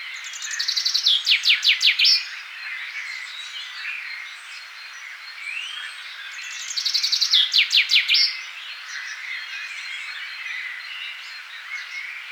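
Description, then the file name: Common chaffinch delivering two rattling song phrases, each a descending cascade of quick notes finished by a flourish, separated by about five seconds of gentle background birdsong. "Fringilla coelebs"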